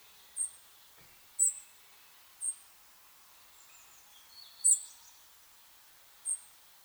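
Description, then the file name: European robin, high thin call notes about every second, with a brief fainter chirping phrase. "Erithacus rubecula"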